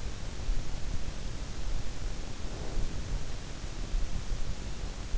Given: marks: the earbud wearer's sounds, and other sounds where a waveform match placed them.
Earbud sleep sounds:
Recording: sounds in sleep by an in-ear microphone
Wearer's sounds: breath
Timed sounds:
2.36-3.22 s: breath

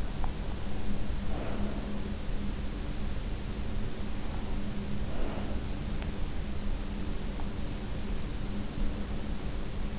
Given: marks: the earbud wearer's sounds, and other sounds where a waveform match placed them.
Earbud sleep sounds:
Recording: sounds in sleep by an in-ear microphone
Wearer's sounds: teeth grinding, breath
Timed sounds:
0.00-0.55 s: teeth grinding
1.10-2.23 s: breath
4.97-5.88 s: breath

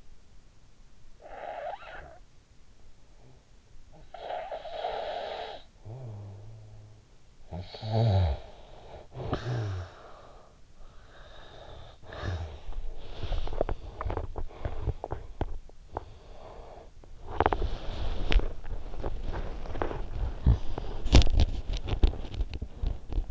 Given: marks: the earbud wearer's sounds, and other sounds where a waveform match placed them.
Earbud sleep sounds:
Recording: sounds in sleep by an in-ear microphone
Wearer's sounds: snoring breath, teeth grinding, breath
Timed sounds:
0.88-2.60 s: snoring breath
3.54-12.69 s: snoring breath
12.97-16.15 s: teeth grinding
16.15-17.00 s: breath
17.26-23.31 s: teeth grinding

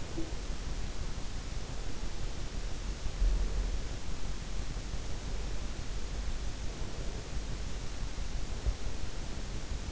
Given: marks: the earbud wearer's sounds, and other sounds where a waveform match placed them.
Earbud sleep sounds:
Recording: sounds in sleep by an in-ear microphone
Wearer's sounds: teeth grinding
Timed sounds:
0.00-0.30 s: teeth grinding

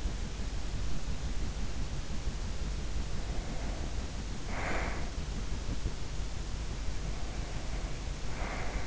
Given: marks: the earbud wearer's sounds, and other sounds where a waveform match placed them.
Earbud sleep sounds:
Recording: sounds in sleep by an in-ear microphone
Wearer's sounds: breath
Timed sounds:
3.25-5.09 s: breath
7.06-8.87 s: breath

